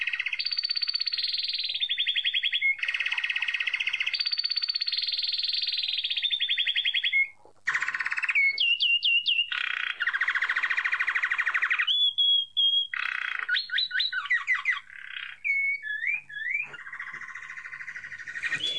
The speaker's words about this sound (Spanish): El jilguero dorado que estamos escuchando es una de las aves más conocidas de la Argentina, a tal punto que es difícil salir al campo y no verlo.